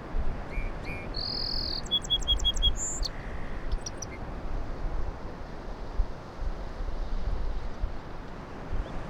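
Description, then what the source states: Song sparrow song in the first few seconds: paired opening notes, a buzz, a fast run of repeated notes, a high note and a low closing note, followed by steady surf noise. Singing on Low Island; song sounded different from sparrows around town; surf crashing; recorded with handheld Sony PCM-M10 in a very light breeze.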